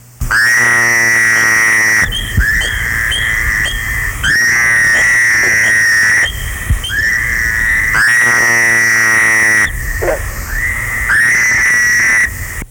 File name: fowlers